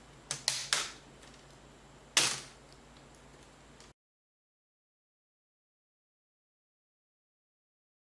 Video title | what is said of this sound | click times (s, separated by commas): Laptop screen replacement / How to replace laptop screen HP Pavilion RTL8188EE | and you just snap it back in you should hear it click | 0.3 s, 0.5 s, 0.7 s, 2.2 s